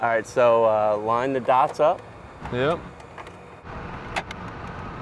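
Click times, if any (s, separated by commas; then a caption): 4.2 s, 4.3 s. Someone talks while a security camera module is lined up by its yellow and black dot marks with its dome housing and pushed straight in. Two short, sharp clicks come at 4.2 s and 4.3 s over a steady background hum as the module seats in the dome.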